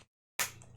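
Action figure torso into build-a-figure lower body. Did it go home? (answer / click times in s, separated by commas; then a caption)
yes / 0.4 s. The plastic torso of a build-a-figure action figure is pushed onto its lower body and snaps into place with one sharp click at 0.4 s. The click is followed by a short decaying ring and low-level noise. The torso is seated, and the click is a satisfying one.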